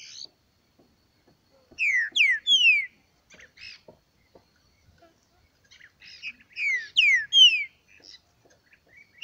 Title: Trinca Ferro NICÃO No Mato Disputando Com Solto